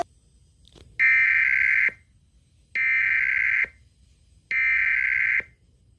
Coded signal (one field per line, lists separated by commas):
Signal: Emergency Alert System (SAME) tones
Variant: header bursts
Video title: Emergency Alert System Test March 9, 2019 Required Monthly Test "Funny Moments"